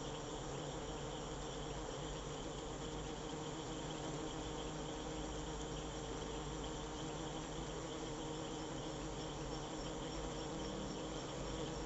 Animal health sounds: honeybee defence experiment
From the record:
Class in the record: control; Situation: empty test tube, no live specimens

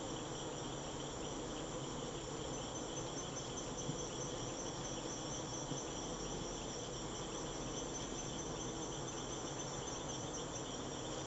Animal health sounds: honeybee defence experiment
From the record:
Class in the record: attack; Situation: Africanized honeybees under attack by Camponotus atriceps ants

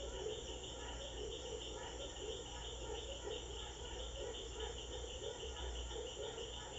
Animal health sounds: honeybee defence experiment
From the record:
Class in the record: control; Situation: empty test tube, no live specimens

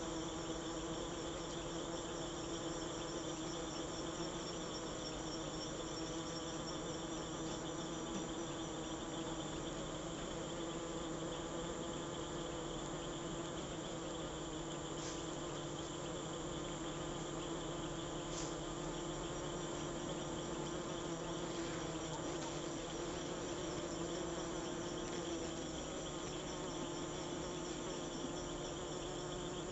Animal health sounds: honeybee defence experiment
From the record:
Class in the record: alert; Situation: Africanized honeybees facing leafcutter ants (Atta)

